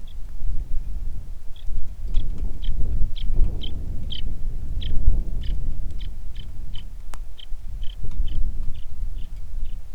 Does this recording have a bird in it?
yes